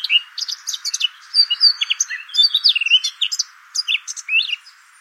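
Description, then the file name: Eurasian blackcap singing a fast, mixed warble of scratchy chatter and short fluting whistles, bursts separated by brief pauses. "Sylvia atricapilla"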